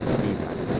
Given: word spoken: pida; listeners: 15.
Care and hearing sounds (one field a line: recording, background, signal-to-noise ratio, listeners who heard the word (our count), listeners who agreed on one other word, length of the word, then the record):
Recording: one Spanish word in noise, from a listening test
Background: noise modulated by three-talker babble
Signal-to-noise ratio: -3.4 dB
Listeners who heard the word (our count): 0 of 15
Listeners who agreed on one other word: 7 of 15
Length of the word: 0.40 s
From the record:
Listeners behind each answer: 7, 2, 1, 1, 1, 1, 1, 1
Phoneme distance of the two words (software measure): 10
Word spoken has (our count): 2 syllables, 4 phonemes, stress on syllable 1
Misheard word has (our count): 2 syllables, 4 phonemes, stress on syllable 1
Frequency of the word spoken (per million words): 5.63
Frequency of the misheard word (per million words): 809.46